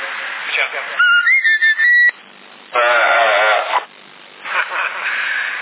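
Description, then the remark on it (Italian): A run of short, bright whistled notes used to train birds, rising and sliding in pitch, followed by a louder wavering, bleat-like call and some murmuring voices in the background. “E li faceva imparare col fischio, diceva, fa culo.”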